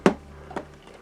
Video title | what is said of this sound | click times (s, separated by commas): ALLOSAURUS Jurassic World Fallen Kingdom Toys WAVE 1 Roarivore by Mattel | And I suspect it's just going to make a nice click noise. There we go. Perfect. | 0.1 s